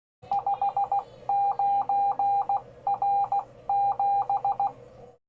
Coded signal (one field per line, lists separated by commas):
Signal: Morse code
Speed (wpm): 16 wpm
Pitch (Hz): 800 Hz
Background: none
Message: 59R7